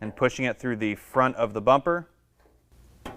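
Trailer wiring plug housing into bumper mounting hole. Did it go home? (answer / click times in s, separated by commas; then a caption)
yes / 3.1 s. A factory trailer plug housing is pushed through the front of a Go Rhino BR20 rear bumper on a 2019 Chevy Silverado 1500. Someone talks for the first two seconds, then the plug housing clicks into its mounting hole at 3.1 s with a short, sharp snap. The plug is seated in the bumper.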